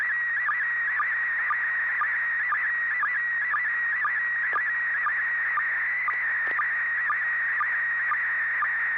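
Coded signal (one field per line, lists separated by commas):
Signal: SSTV (slow-scan television)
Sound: steady high warbling tone broken by short low sync blips about twice a second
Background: low hum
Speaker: yep it's an ISS slow scan download and it started out really really clean um 40th anniversary of amateur radio on human space flight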